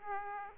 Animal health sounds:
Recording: mosquito wingbeat signal from an infrared sensor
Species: Aedes aegypti

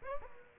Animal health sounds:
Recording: mosquito wingbeat signal from an infrared sensor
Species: Aedes aegypti

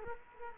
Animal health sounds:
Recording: mosquito wingbeat signal from an infrared sensor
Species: Culex quinquefasciatus

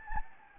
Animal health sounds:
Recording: mosquito wingbeat signal from an infrared sensor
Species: Anopheles gambiae

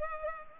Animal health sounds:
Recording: mosquito wingbeat signal from an infrared sensor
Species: Culex pipiens

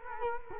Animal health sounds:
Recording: mosquito wingbeat signal from an infrared sensor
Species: Culex quinquefasciatus

